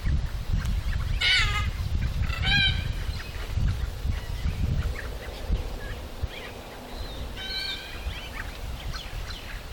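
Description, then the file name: Red-tailed black cockatoo giving harsh, grating calls rich in harmonics, three loud calls spread throughout over a steady low rumble. "red tailed black cockatoo calyptorhynchus banksii"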